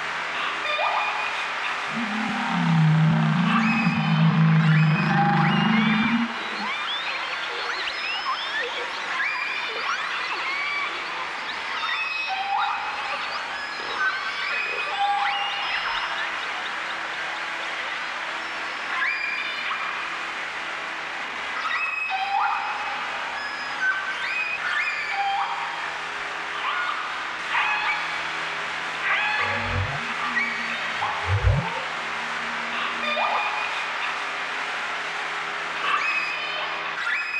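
Underwater whale song of sweeping, wavering calls over a steady hum, with a loud low drone early and brief deep swoops near thirty seconds.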